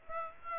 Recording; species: mosquito wingbeat signal from an infrared sensor; Aedes aegypti